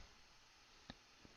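An allen wrench tries to drive a nearly seated small screw further into a vape mod frame, and a short, sharp tick is heard at 0.9 s, with a fainter tick near 1.3 s, over a steady low hiss. The wrench slips in the stripped screw, which goes no further, so a larger wrench is needed.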